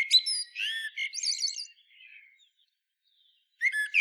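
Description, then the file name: Common blackbird song: one warbling phrase with fluty and trilled high notes that fades out, then silence, then the start of another phrase. "Turdus merula"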